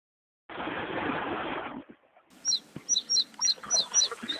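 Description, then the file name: Bluethroat: a loud burst of rustling noise comes first, then a Bluethroat gives quick, high, downslurred whistled notes in a rapid series. "gorge bleue"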